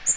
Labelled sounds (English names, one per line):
Magnolia Warbler flight call